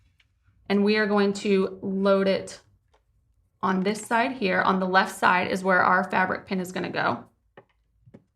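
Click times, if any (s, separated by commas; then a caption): 7.6 s. A fabric marking pen in its holder is placed into the left-hand tool clamp of an electronic cutting machine while someone talks. After the talking, a short click at 7.6 s marks the pen seating in the clamp, followed by a faint tap around 8.2 s.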